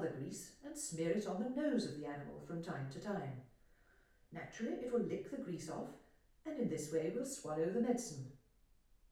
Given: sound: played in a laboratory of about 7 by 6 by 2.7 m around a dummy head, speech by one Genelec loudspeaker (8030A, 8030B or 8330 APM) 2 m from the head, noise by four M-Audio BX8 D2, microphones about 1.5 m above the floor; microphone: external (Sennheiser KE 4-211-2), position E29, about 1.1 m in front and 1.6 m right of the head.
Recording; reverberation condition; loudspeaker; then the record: female speech in English; medium; 120 degrees to the left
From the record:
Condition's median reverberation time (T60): about 510 ms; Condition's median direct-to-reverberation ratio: about -0.5 dB